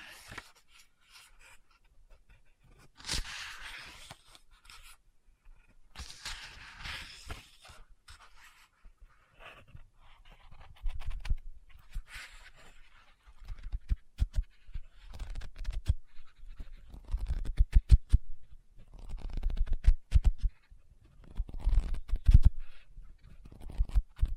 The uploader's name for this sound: Book Tapping, Scratching, Page Turning